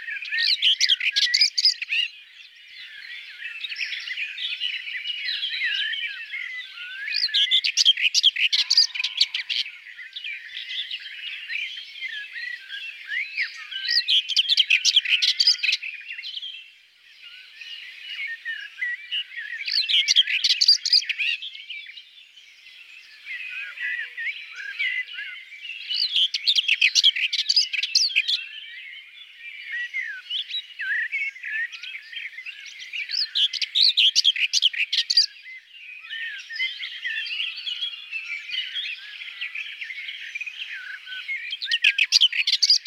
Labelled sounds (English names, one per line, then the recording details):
Common Whitethroat song
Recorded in the wild
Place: Merdingen bis Ihringen / Kaiserstuhl, Baden-Württemberg, DE
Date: 1979-05-27
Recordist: Schwarz, Dieter